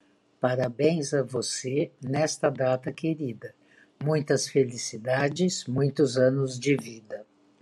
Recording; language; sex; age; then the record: short text; Brazilian Portuguese; female; 60 to 69 years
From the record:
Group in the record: control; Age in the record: 69 years